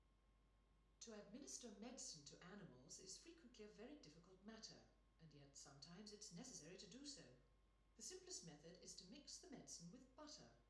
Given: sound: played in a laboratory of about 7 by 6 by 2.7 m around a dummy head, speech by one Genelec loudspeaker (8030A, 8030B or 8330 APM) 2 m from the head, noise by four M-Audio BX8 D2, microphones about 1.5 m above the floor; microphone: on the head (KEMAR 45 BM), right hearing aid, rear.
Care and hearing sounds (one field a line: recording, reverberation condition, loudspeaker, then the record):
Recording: female speech in English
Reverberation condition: medium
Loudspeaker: 30 degrees to the right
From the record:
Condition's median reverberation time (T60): about 510 ms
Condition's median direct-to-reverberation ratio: about -0.5 dB